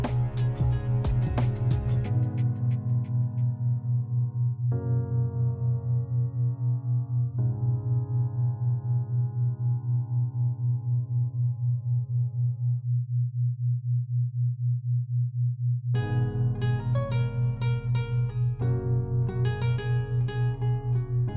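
A binaural beat tone hums steadily low and pulsing throughout, while bright bowl-like chimes ring early, fade out mid-clip, then strike repeatedly after sixteen seconds.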